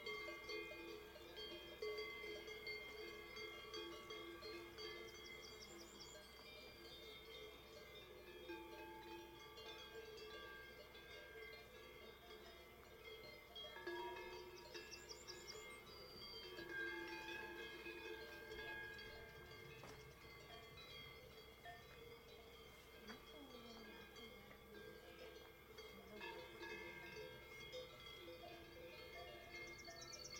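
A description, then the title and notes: Cows' bells clank and ring steadily throughout, layered and dense, with a brief low sliding moo around the twenty-three second mark. Cows Mooing Compilation.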